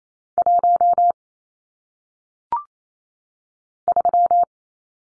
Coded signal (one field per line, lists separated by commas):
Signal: Morse code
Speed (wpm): 28 wpm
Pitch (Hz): 700 Hz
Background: none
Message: 1 3